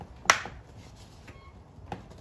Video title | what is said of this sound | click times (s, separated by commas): Need some fresh air? Replacing the engine air filter in a Chrysler 200 | until these tabs go back in place and you hear them click and after that | 0.3 s